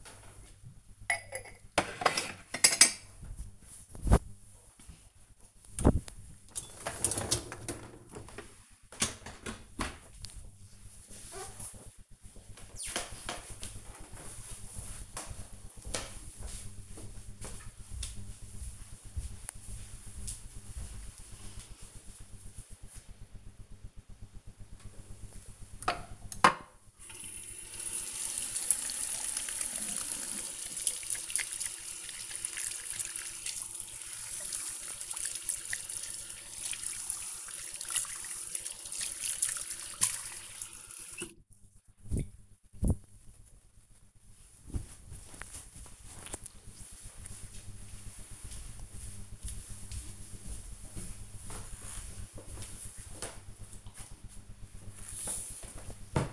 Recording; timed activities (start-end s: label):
household activities, microphone on the right wrist
0.00-8.73 s: cleaning out the dishwasher
23.82-42.93 s: washing hands